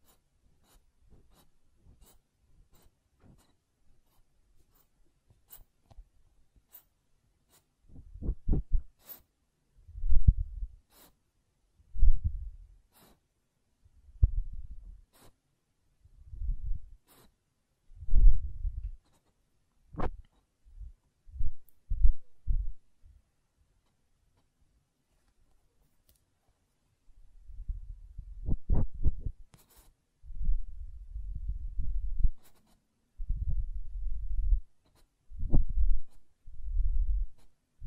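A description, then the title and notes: Ear cleaning and blowing: soft low puffs and rustles come in short bursts from about eight seconds on, with sharp scratchy clicks between. ASMR Ear Cleaning and Blowing (No Talking).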